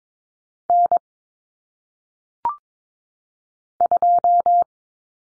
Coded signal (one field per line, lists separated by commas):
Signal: Morse code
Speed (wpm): 22 wpm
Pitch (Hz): 700 Hz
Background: none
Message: N 2